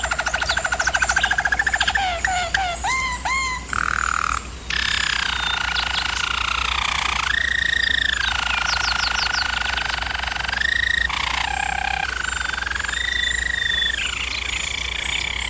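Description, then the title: German Roller canary song with quick clipped notes and rising whistles at first, then long smooth rolls changing pitch in steps, low hum underneath. German Roller canary singing, for canary training. "German Roller Canary Singing - Canary Training Vid"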